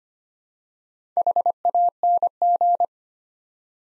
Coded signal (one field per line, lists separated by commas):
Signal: Morse code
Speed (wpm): 25 wpm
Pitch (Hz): 700 Hz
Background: none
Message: HANG